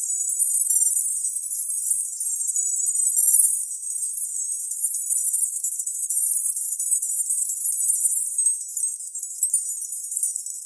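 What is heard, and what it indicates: Steady high-pitched tinkling hiss, all in the treble near 8 kHz: an 8k distractor tinnitus masking sound.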